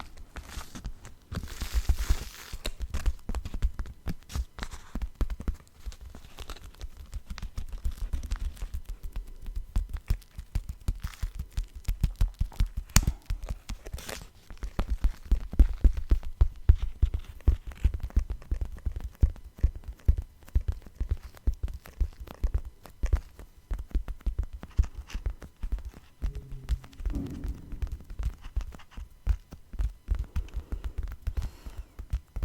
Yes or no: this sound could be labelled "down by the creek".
no